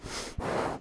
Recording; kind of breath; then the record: one breath in and out by a microphone near the nose and mouth; strong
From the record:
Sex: male